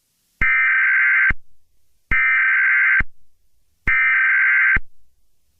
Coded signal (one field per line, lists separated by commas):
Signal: Emergency Alert System (SAME) tones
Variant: header bursts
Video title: EAS scenario 19: Herobrine 4: Mrs. Herobrine’s revenge